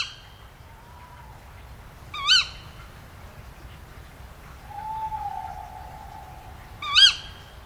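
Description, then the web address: Tawny owl giving two sharp, shrill calls several seconds apart over soft background hiss. Tawny owl call, used for a tawny owl point survey. "tawny owl call. tawny-owl-point-survey survey-resources"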